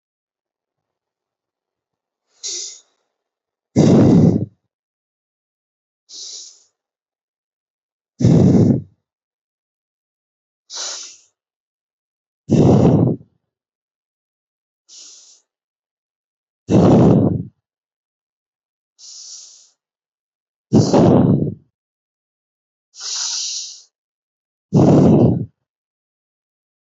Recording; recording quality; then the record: deep breathing; excellent, no background noise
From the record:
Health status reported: healthy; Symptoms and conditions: none ticked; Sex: male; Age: 29 years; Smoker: yes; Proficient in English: yes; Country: India